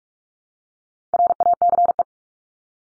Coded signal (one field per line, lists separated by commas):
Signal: Morse code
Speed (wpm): 44 wpm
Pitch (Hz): 700 Hz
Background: none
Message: RACE